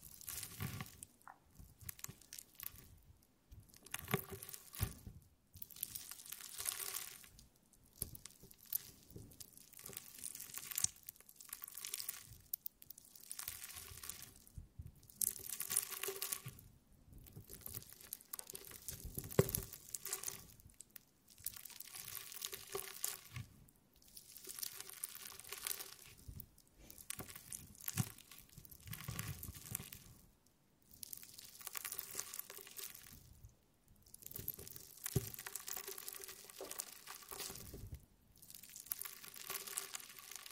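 Jelly being squished and worked, with wet, squelching bursts that come in repeated rounds every few seconds. Each burst is bright and crackly, with small sticky pops and crunchy textures, separated by short near-silent gaps. The pattern stays fairly regular throughout.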